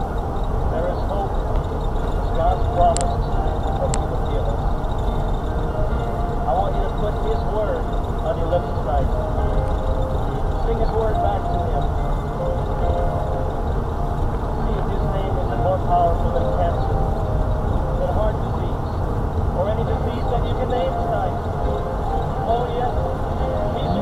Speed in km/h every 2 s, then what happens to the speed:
19, 21, 19, 19, 21, 21, 21, 26, 27, 24, 21, 21.
0-12 steady at about 21. 12-15 speeds up to 27.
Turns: none.